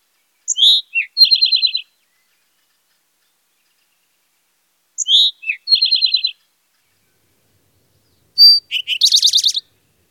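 Eastern towhee song phrases: a few sharp introductory notes followed by a quick trill, given three times with long pauses between.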